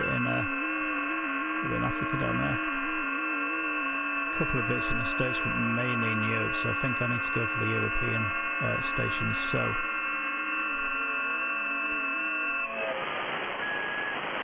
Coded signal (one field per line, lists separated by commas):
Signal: FT8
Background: speech